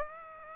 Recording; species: mosquito wingbeat signal from an infrared sensor; Aedes aegypti